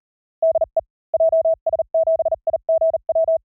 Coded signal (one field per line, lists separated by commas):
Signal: Morse code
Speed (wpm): 42 wpm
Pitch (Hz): 660 Hz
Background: none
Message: DE JS7IGW